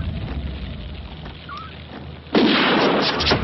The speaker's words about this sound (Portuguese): Não, agora foi. Agora foi. Tiro na cabeça.